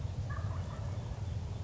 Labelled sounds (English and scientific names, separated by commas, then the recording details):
Wild Turkey (Meleagris gallopavo)
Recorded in Sonoma County, California